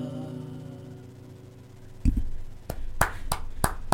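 A held musical tone fades out, then scattered sharp claps break in at uneven intervals over a low rumbling bed, like an audience just starting to applaud.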